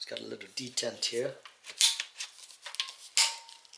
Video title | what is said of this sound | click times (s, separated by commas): Bissell TurboClean 3548 Review Same as Crosswave HF3 Wet Dry Vac? | until you hear it click | 3.2 s